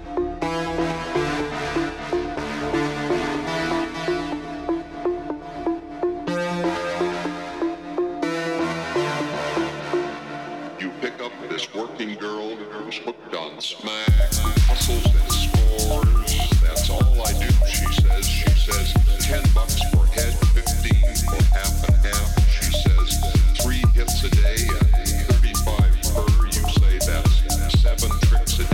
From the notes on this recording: Day of the Dead, Tucson Arizona